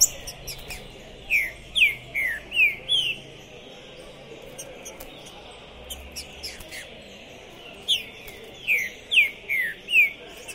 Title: Esse É PERFEITO Para ESQUENTAR Seu TRINCA Piando, Cantando E Macheando Na DISPUTA. Esse TRINCA FERRO ficou POSSUÍDO na PORTA do TORNEIO! Trinca Ferro Pistoleiro 2021!